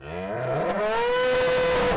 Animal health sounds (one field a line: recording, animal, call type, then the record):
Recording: contact call of a hoofed animal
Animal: cattle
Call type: low-frequency (closed-mouth) or high-frequency (open-mouth) call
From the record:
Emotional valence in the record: negative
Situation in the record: full separation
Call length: 1.97 s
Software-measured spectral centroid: 2750 Hz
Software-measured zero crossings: 1360 a second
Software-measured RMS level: -24 dBFS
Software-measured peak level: -21 dBFS